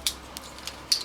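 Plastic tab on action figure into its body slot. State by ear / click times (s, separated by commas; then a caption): seated / 0.1 s, 0.9 s. A plastic tab on a Transformers Siege Voyager Class Springer transforming action figure is lined up and pushed into its slot in the figure's body. Sharp plastic clicks sound at 0.1 s and 0.9 s, with fainter ticks between them. The tab seats neatly in the slot.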